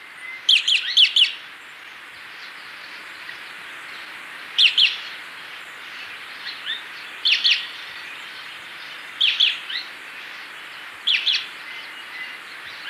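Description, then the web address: Beautiful jay giving several short bursts of rough, buzzy notes at irregular intervals over steady background noise. Ecuador. "Birds of Ecuador. Beautiful Jay"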